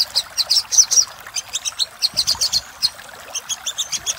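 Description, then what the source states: Little spiderhunter song: quick high chirps repeated at an uneven pace, several short phrases with slight pauses. Master recording for training cage birds; local name sogok ontong labaik.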